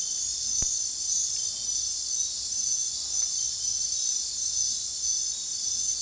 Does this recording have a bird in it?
no